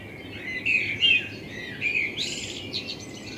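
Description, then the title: Common blackbird song: a few clear, whistled notes followed by a high, squeaky twitter. Blackbird in front of the recordist's window; binaural recording made with a self-built dummy head, intended for headphone listening. "Kunstkopfaufnahme der Amsel vor meinem Fenster"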